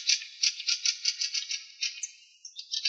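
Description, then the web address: Fieldfare calls: harsh, dry chattering notes repeated rapidly in a rattling series. "Turdus pilaris"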